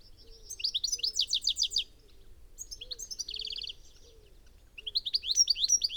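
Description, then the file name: European goldfinch twittering in quick bursts of high, tinkling notes, with a buzzy run in the middle and a faint, soft low note repeating underneath throughout. "Carduelis carduelis"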